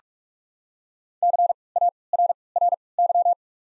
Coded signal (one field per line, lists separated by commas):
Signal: Morse code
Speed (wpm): 44 wpm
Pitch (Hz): 700 Hz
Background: none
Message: C A R R Y